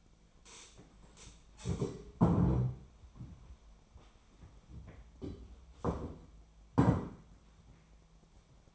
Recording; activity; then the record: daily activity, microphone in the room; stand up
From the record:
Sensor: 1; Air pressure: 1008.0 hPa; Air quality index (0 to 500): 191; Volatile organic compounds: 17 ppm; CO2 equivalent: 2583 ppm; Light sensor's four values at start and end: 13/33/13/15 and 13/33/13/15